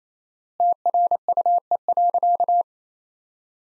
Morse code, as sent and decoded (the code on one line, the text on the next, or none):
- .-. ..- . .-.-.-
TRUE.